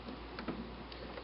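A red color-coded plastic electrical connector is handled against its mating connector on the armrest of an Infinity Iyashi massage chair during assembly. Faint handling taps come at about 0.4, 0.5 and 0.9 s over a low steady hum. Nothing has seated or clicked yet.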